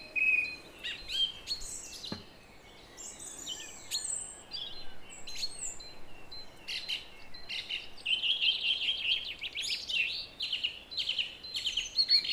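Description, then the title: Song thrush song: varied high whistles and chattering phrases, with a trilled passage toward the end; faint background noise. Song at 06h. "Zanglijster 06h Durenne2"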